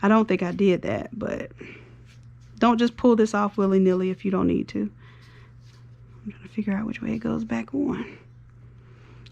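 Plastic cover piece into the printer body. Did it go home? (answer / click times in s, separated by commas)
yes / 9.3 s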